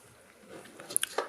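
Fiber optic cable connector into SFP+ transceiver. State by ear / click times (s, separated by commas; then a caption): seated / 1.0 s. An LC fiber optic cable is pushed into a QSFPTEK 10GBASE-SR SFP+ transceiver installed in an Emulex OneConnect OCe14102 dual SFP+ network adapter until it latches. After faint scraping, a sharp, short click sounds at 1.0 s, followed by a few smaller ticks. The connector is seated.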